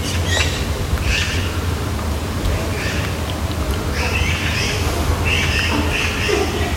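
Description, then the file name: Eurasian magpie calls: scratchy, noisy squawks repeated at intervals above a constant low-pitched hum. Young magpies. "jonge eksters"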